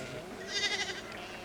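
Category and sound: animal, sheep bleating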